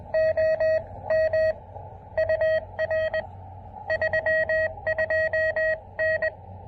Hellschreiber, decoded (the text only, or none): none